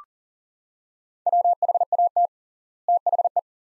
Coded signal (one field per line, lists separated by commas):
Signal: Morse code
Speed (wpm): 40 wpm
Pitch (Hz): 700 Hz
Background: none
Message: WHAT THE